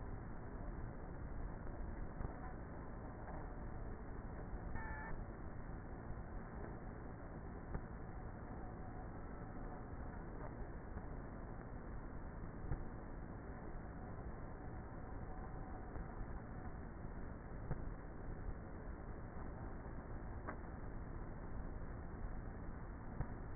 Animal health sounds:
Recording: honeybee colony, microphone inside the hive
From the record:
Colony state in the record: queenless with a low population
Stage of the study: before two queens were removed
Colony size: about 30,000 bees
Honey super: no

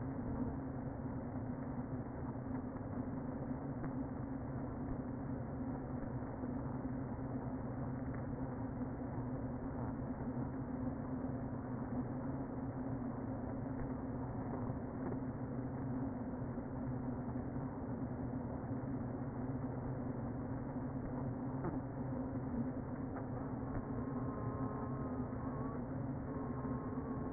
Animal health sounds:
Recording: honeybee colony, microphone inside the hive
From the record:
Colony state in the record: queen present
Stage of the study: before two queens were removed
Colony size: about 60,000 bees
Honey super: yes

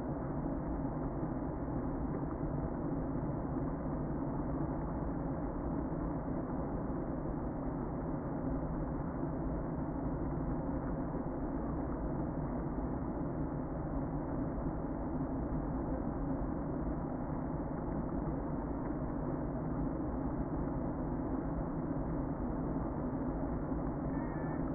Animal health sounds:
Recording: honeybee colony, microphone inside the hive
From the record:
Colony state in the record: queen present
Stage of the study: before two queens were removed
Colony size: about 60,000 bees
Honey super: yes

